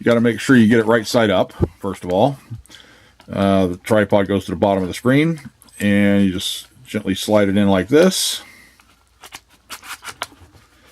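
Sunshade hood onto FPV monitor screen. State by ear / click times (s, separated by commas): seated / 10.2 s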